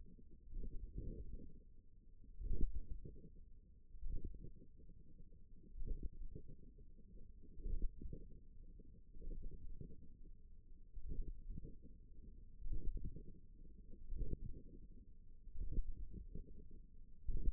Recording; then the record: forearm muscle sounds (acoustic myography)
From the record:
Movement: finger pinch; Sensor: system 1, eight BSWA MPA416 microphones around the upper forearm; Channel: 7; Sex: female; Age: 21 years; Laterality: right